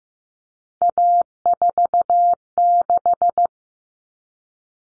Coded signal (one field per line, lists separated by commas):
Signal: Morse code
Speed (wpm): 15 wpm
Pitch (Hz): 700 Hz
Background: none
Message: A46